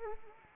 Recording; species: mosquito wingbeat signal from an infrared sensor; Anopheles arabiensis